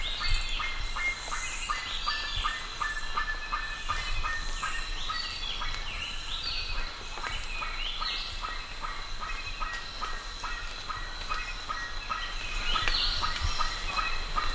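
Bird calls, dense fast repeated notes, with rising higher calls throughout and a steady hiss behind.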